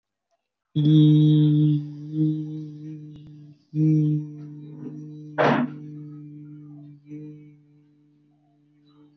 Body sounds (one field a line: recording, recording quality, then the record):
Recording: sustained vowel as in beet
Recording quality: excellent, no background noise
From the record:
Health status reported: recovered from COVID-19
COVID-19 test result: positive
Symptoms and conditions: none ticked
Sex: male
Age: 22 years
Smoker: not ticked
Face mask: not worn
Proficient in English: yes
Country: India